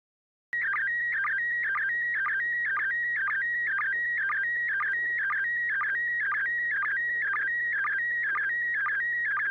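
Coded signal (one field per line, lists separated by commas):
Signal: SSTV (slow-scan television)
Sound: continuous warbling whistle-like tone with regular short low blips, about two per second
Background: FM radio hum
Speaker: uh thank you yeah a good copy here uh let's see what Joel thinks the as6 DG did you receive that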